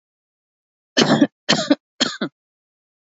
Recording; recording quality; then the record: shallow voluntary cough; excellent, no background noise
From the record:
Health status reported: healthy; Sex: female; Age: 39 years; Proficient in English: yes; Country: India